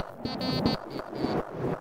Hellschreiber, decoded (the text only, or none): none